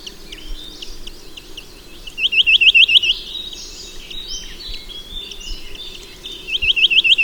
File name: Mathias Ritschard - Kosmatyj popolzen Sitta villosa